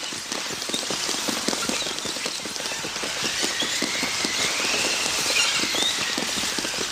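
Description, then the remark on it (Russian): Reindeer hooves pound over the frozen snow crust of the tundra in a rapid, steady patter of crisp crunching thuds, continuous for the whole stretch over a bright, airy hiss. “Олени не бегут, а летят над тундрой.”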